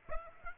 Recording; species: mosquito wingbeat signal from an infrared sensor; Aedes aegypti